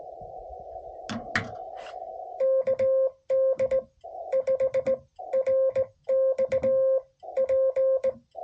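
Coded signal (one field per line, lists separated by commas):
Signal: Morse code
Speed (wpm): 19 wpm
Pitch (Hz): 530 Hz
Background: radio noise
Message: KD5RXP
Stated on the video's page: CW POTA activation keyed with straight key, bug (Vibroplex Champion) and paddle.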